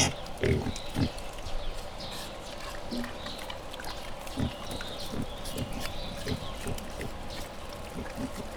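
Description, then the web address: Wild boar grunts, low and clipped, many in an uneven run. Piglets, captive at a zoo in Jászberény, Hungary, recorded in 2015. "jaszberenyizoo 2015 professzionalis vaddiszno"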